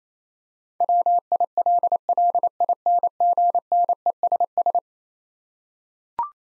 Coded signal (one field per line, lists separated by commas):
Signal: Morse code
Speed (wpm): 27 wpm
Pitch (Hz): 700 Hz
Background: none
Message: WILLINGNESS